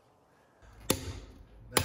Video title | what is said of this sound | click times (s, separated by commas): One thing to consider when choosing your spare tire location | once you hear the click you're tight | 0.9 s, 1.8 s